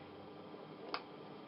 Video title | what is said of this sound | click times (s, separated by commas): DIY Karaoke Hire Sydney, Part 3 | again you hear that little click | 0.9 s